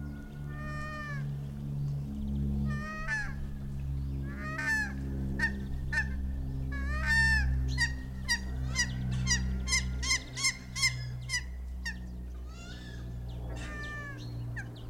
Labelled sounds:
Hawaiian Goose (Branta sandvicensis) call
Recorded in captivity
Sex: pair
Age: adult
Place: Vogelpark Bad Rothenfelde, Niedersachsen, DE
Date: 1991-09-14 16:39
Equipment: Marantz, Sennheiser ME 80, Kopie Tesla B 116
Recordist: Tembrock, Günter

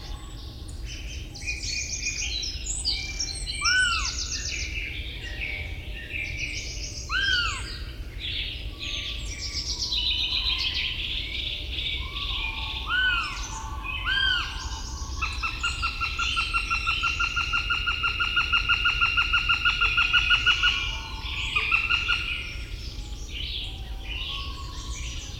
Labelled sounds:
Northern Goshawk (Accipiter gentilis) call
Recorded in the wild
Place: Trent, Insel Rügen, Mecklenburg-Vorpommern, DE
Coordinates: 54.495, 13.302
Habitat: Forest
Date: 1977-03-27
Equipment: Nagra III BH, Sennheiser MD 21, parabola
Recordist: Schubert, Michael

